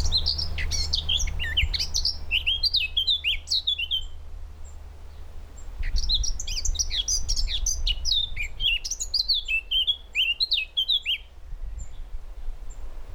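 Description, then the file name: Eurasian blackcap song, two bursts of quick, high warbling phrases separated by a brief pause, over a steady low rumble. "Sylvia atricapilla"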